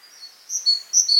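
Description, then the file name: Great tit calling: a few thin, high whistled notes, growing louder toward the end. "Parus major"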